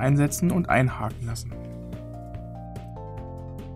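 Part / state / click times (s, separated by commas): smartphone display assembly into phone frame / not seated / none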